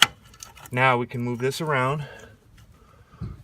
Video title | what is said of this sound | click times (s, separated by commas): How to fix E-Brake System In Detail on a 06 Chevy Trailblazer | it is hear it click in alright now we're good now | 0.0 s